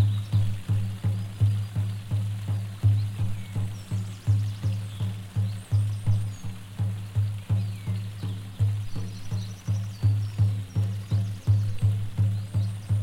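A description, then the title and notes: Shamanic drumming beats at a steady, fairly quick pulse, around three strokes per second, each a deep booming thud with a short decay. The rhythm holds evenly throughout with slight swells in loudness. Faint nature sounds, including light bird chirps, sit high in the background. All nature sounds are what I have recorded here in Bradgate Park. Shamanic drumming.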